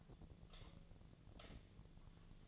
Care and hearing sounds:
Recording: daily activity, microphone in the room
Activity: light off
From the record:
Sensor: 4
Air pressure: 1010.7 hPa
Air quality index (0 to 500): 173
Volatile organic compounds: 5 ppm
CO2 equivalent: 1757 ppm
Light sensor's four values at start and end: 37/108/43/44 and 37/107/42/43

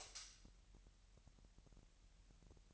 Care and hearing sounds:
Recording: daily activity, microphone in the room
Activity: light off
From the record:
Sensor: 3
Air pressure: 1001.8 hPa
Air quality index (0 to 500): 248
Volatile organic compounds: 50 ppm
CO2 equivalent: 3294 ppm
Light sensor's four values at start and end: 12/33/13/12 and 6/13/5/5

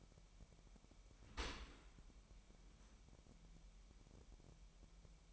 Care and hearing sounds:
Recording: daily activity, microphone in the room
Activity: open dishwasher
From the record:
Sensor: 1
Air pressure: 998.4 hPa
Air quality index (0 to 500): 138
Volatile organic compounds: 4 ppm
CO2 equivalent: 1650 ppm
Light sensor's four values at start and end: 16/55/22/22 and 16/55/22/22

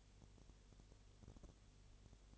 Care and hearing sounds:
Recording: daily activity, microphone in the room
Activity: no activity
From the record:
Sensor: 4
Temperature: 22.6 degrees Celsius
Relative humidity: 32.0%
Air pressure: 1008.1 hPa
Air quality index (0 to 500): 114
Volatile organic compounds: 2 ppm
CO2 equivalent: 1103 ppm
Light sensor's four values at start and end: 2/3/1/1 and 2/3/1/1

